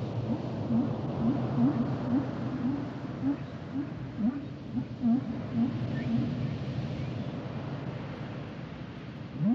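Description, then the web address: Whale sounds: short low upsweeping chirps repeated about twice a second, with a pause before a last one, over continuous hiss. "Natures Songs Whale Songs Whales and Dolphins - whale nature sounds songs"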